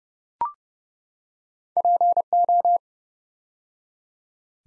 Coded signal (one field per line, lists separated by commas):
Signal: Morse code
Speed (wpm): 28 wpm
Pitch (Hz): 700 Hz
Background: none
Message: PO